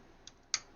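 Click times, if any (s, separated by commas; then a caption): 0.5 s. A plastic front cover is hooked on at the top, slid down and lined up with the power button, then pushed in from the bottom onto an Xbox 360 console housing. A faint tick at 0.3 s comes first, then a sharp, bright click at 0.5 s as the cover snaps into place. The cover is seated.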